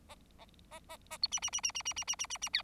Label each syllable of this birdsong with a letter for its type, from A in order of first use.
A A A B C C C C C C C C C C C D